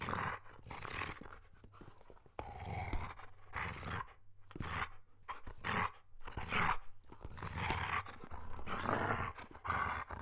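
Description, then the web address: Dog growling in low, grinding bursts. Medium-sized dog growling. "Khaganat-games khanat-sounds-sources stock sound library animals dogs lukofinc medium-dog-growl"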